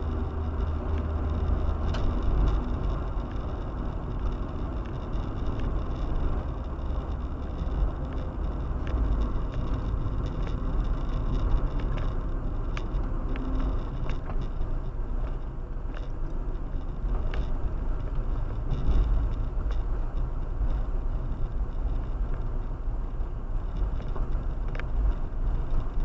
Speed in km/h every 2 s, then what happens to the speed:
58, 55, 54, 54, 49, 52, 53, 53, 48, 48, 48, 48, 46.
0-26 slows to 46.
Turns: none.